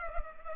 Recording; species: mosquito wingbeat signal from an infrared sensor; Culex pipiens